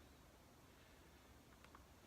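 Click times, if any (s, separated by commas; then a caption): none. The clamping arm on a homemade wooden pocket hole machine is handled as it is about to be pushed down into its locked position, ahead of the switch that triggers the drill. A steady low hiss runs throughout, with two faint, brief ticks near 1.6 and 1.8 seconds. The lever has not yet snapped into place, and nothing has locked.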